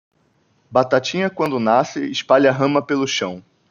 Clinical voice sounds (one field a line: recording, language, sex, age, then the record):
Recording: short text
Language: Brazilian Portuguese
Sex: male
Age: 20 to 29 years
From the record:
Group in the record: control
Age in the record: 22 years